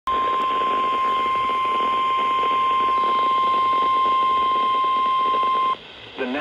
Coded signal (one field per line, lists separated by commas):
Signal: Emergency Alert System (SAME) tones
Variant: 1050 Hz attention tone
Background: speech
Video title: DEALING WITH A BACK PAIN | 8/27/21 - Severe Thunderstorm Warning for Kent county on KEC92 (EAS #211)